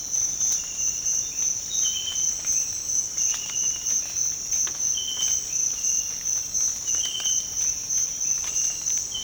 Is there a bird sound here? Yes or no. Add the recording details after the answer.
no. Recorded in secondary vegetation near Puerto Asís, Putumayo, Colombia, on 8 March 2025 at 06:30. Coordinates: 0.502, -76.326. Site G100